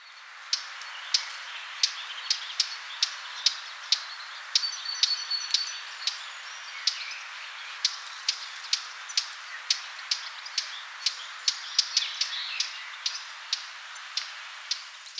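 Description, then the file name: Eurasian blackcap calls: many sharp, dry ticking notes in steady succession, with faint twittering mixed in over a steady background hiss. "Sylvia atricapilla"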